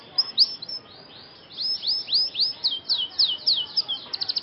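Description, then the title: Scotch Fancy canary singing a string of high curving slurred notes, ending in a brief fast trill. Scotch Fancy canary singing an elaborate song style called cengkok mewah, described as gacor, meaning singing constantly. "Cengkok Kenari Mewah. KENARI SCOTCH FANCY GACOR CENGKOK MEWAH"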